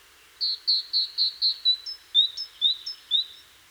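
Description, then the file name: Great tit: five bright, even notes in quick succession, then thinner slurred notes, several tipped with a sharp high accent. "Parus major"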